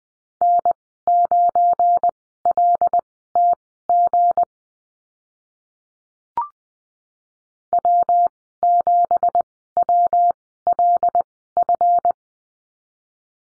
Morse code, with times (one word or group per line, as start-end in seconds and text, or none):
0.4-4.4 N9LTG
7.7-12.1 W7WLF